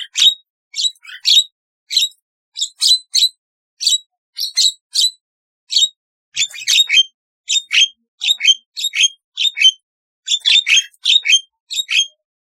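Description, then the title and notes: Starling singing sharp, high chirps in short paired phrases, repeated at a steady, bouncy rhythm with small gaps between them. "Kicau Burung Jalak"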